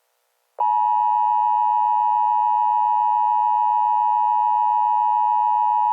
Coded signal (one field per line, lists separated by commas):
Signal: Emergency Alert System (SAME) tones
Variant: 853 and 960 Hz attention tone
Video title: EAS Scenario #11: Hurricane Hell